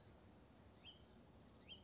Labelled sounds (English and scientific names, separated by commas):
Hutton's Vireo (Vireo huttoni)